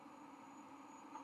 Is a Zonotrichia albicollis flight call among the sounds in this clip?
no